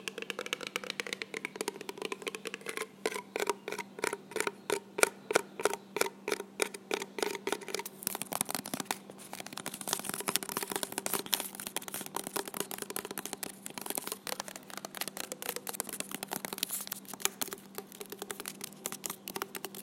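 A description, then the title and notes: Quick taps on small cardboard boxes, steady and regular early, then denser and scratchier rustling after eight seconds, over a faint low hum. Tapping small cardboard boxes.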